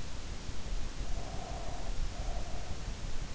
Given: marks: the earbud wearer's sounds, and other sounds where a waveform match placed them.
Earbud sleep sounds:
sounds in sleep by an in-ear microphone; breath
0.92-3.10 s: breath

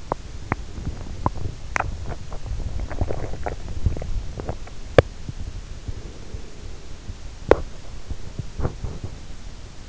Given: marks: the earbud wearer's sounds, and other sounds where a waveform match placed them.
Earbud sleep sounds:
sounds in sleep by an in-ear microphone; swallowing, teeth grinding
0.00-4.72 s: swallowing
4.72-9.11 s: teeth grinding

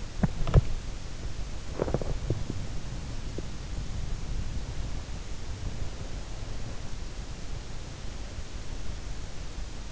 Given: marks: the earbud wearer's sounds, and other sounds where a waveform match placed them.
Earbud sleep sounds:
sounds in sleep by an in-ear microphone; body movement
0.00-3.73 s: body movement

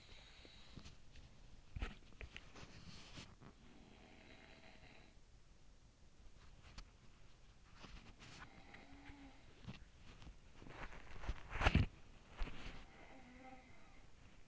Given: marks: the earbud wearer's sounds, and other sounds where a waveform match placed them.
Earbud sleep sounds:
sounds in sleep by an in-ear microphone; body movement
0.00-14.48 s: body movement
3.22-5.78 s: sound from someone else or the room
7.61-10.16 s: sound from someone else or the room
12.11-14.48 s: sound from someone else or the room

